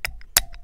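A metal retaining clip on a motorcycle countershaft front sprocket is pressed down with a screwdriver. A fainter metallic tick at 0.1 s leads to a sharp, loud snap at 0.4 s as the clip seats fully and now holds the sprocket on, followed by a few softer ticks.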